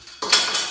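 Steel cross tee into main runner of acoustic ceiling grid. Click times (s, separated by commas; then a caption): 0.2 s, 0.3 s. A steel cross tee is pushed into a sample main runner of an acoustic ceiling grid, giving two sharp metallic clicks at 0.2 s and 0.3 s, the second louder, each ringing briefly. The tee seats into the main.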